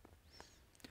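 A metal rifle hammer in a trigger housing is pulled back against the mainspring toward locking onto the sear. The clip has faint handling noise with small ticks near 0.1 s, 0.4 s and 0.8 s. Nothing has seated or clicked yet.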